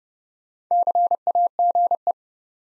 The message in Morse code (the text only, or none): CAGE